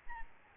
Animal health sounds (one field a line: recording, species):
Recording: mosquito wingbeat signal from an infrared sensor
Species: Aedes albopictus